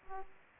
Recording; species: mosquito wingbeat signal from an infrared sensor; Aedes aegypti